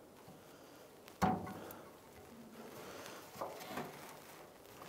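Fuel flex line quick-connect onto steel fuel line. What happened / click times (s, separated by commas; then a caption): Handled, not yet home: line and connector being positioned, no confirmed seating click / none. A flex fuel line is being pushed onto the steel fuel line of a 2004-2012 Chevrolet Colorado, with its plastic lock clip being lined up during a fuel pump and sending unit replacement. A sharp knock at 1.2 s is followed by smaller taps and rattles around 1.7, 3.1 and 3.4 s. The quick-connect has not clicked or seated yet.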